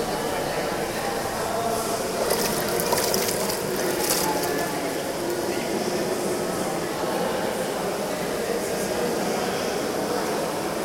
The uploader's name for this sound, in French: Budapest, les thermes Rudas